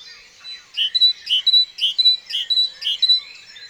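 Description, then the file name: Great tit song: a bright two-note phrase repeated about twice a second, the higher note steady and the lower one emphasised, with faint twittering behind it. "Parus major"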